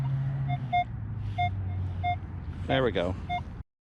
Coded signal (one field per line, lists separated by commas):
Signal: none